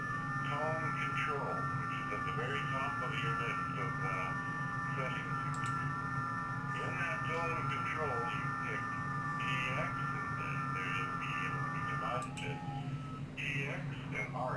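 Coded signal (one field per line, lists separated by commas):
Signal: FT8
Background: speech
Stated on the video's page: FT8 operation using WSJT-X.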